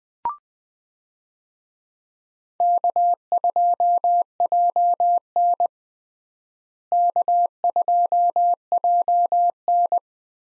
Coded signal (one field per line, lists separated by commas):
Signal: Morse code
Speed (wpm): 20 wpm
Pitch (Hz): 700 Hz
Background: none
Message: K2JN K2JN